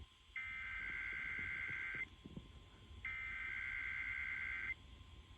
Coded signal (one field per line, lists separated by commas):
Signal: Emergency Alert System (SAME) tones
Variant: header bursts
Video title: EAS tests from last week [EAS #482-485]